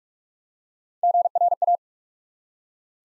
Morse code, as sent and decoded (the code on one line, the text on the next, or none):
--. .-. .-
GRA